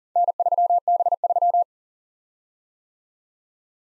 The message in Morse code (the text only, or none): N3B3